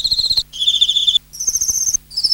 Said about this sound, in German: Zikaden.